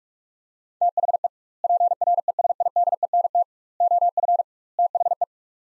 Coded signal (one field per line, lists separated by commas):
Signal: Morse code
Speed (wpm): 46 wpm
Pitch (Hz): 700 Hz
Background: none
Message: THE PRESIDENT OF THE